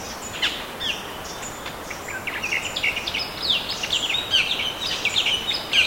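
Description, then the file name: Bird calls, high twittering chirps, scattered at first, then a busier stream of overlapping notes, over constant background noise. "SABIOD 50 bird 2015"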